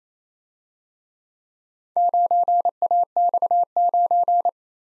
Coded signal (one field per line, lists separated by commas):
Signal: Morse code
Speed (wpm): 29 wpm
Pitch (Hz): 700 Hz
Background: none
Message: 9AX9